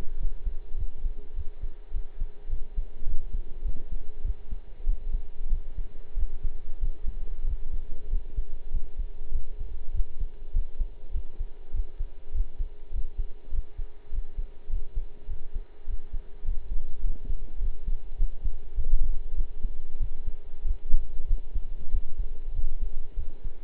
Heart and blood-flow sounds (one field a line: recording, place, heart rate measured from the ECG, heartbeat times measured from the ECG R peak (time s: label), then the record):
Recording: heart sounds by stethoscope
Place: between the tricuspid and mitral areas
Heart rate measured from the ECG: 99 bpm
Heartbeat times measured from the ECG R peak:
0.18 s: heartbeat
0.76 s: heartbeat
1.35 s: heartbeat
1.92 s: heartbeat
2.49 s: heartbeat
3.05 s: heartbeat
3.63 s: heartbeat
4.23 s: heartbeat
4.85 s: heartbeat
5.49 s: heartbeat
6.15 s: heartbeat
6.80 s: heartbeat
7.46 s: heartbeat
8.09 s: heartbeat
8.71 s: heartbeat
9.32 s: heartbeat
9.92 s: heartbeat
10.52 s: heartbeat
11.12 s: heartbeat
11.72 s: heartbeat
12.33 s: heartbeat
12.92 s: heartbeat
13.51 s: heartbeat
14.11 s: heartbeat
14.69 s: heartbeat
15.28 s: heartbeat
15.86 s: heartbeat
16.44 s: heartbeat
17.02 s: heartbeat
17.60 s: heartbeat
18.17 s: heartbeat
18.75 s: heartbeat
19.36 s: heartbeat
19.99 s: heartbeat
20.63 s: heartbeat
21.27 s: heartbeat
21.91 s: heartbeat
22.53 s: heartbeat
23.15 s: heartbeat
From the record:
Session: pedaling a stationary bicycle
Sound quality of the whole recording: partially saturated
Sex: male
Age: 23 years